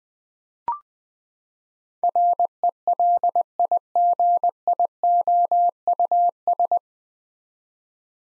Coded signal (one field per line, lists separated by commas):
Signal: Morse code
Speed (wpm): 20 wpm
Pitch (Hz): 700 Hz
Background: none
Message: RELIGIOUS